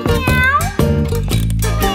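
A cat meows several times in quick succession, each call a rising and falling whine with rich harmonics, loud and clear with no talking over it.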